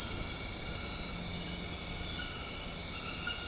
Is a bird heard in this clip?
no